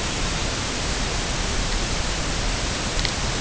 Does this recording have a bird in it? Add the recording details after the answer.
no. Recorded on Arctic tundra, site UTQI-5, on 21 June 2018. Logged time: 14:00